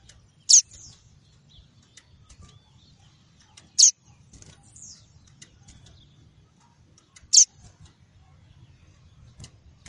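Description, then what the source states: Double-collared seedeater repeating a sharp, high, downslurred note about every three and a half seconds, with faint chips and low background rumble. "Tui-tui" song variety.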